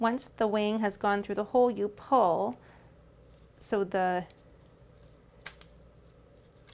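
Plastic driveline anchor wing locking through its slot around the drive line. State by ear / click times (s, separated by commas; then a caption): seated / 5.5 s. Someone talks while a plastic anchor wing is threaded over a VAD driveline and through its hole, then pulled so the plastic flaps lock into place around the drive line. A single sharp click at 5.5 s marks the flaps locking, and the anchor is seated.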